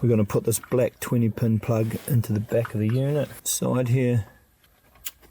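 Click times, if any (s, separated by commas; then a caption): 5.1 s. Someone talks while a black 20-pin wiring harness plug is pushed into the back of an aftermarket head unit for a 2012–2016 Holden Colorado (X series). After the talking stops, a faint tick comes at 4.6 s, and a sharp click at 5.1 s marks the plug latching and seating.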